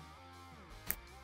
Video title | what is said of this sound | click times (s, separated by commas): Street Glide 12” Handlebars with Grips - Harley Riser Bushings - Clutch / Wire Extensions and More | You'll hear a click and just give it a slight tug to make sure it's secure. | 0.9 s